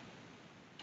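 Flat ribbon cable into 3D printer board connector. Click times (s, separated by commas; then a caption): 0.8 s. A flat ribbon cable sits in its connector on a Fokoos Odin-5 F3 3D printer board, and the plastic locking flap is pushed down over it. Against a steady broadband hiss, a small sharp tick sounds at 0.8 s as the flap locks the cable in place. The cable is seated.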